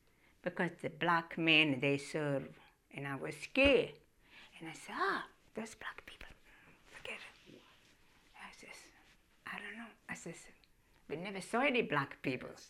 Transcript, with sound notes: Because the black men, they serve, and I was scared. And I said, "Ah, those black people!" ( she whispers ) "Forget it!" And I says, "I don't know." I says, "I never saw any black people."